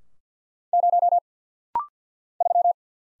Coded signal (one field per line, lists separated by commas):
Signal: Morse code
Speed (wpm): 50 wpm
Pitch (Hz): 700 Hz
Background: none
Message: 0 3